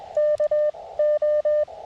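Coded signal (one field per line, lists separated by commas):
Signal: Morse code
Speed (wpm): 20 wpm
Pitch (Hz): 600 Hz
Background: none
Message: K O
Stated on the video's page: QRP park activation sent on a BaMaTech TP-III key into an Elecraft KX2 with a Tufteln 9:1 41-foot end-fed random wire; busy bands, so-so copy.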